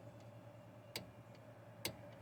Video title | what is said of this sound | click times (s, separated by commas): How to change the front brake pads on a 2018 Nissan Versa (easy and fast)🤓😁 | there's another click | 1.0 s, 1.9 s